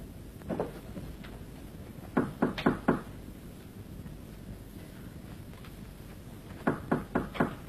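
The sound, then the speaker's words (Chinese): A brother knocks on his sister's door in quick bursts in a Chinese opera-style drama: a single rap, then two sets of about four sharp, hollow knocks. A soft windy hiss fills the gaps, and no one speaks. “妹妹，妹妹，你开门呐！”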